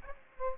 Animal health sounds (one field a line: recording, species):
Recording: mosquito wingbeat signal from an infrared sensor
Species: Aedes aegypti